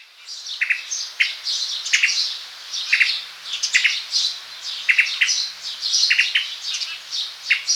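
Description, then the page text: Tickell's thrush calling: steady series of high chirping notes and brief sharp ticks throughout. "Tickells Thrush Calls. Quick Sounds"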